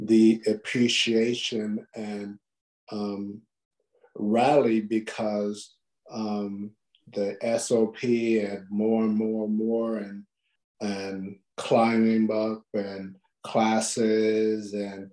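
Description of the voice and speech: Halting, fragmented speech from an adult man with long pauses, content words strung together by 'and' and repeated phrases, typical of non-fluent aphasia after stroke.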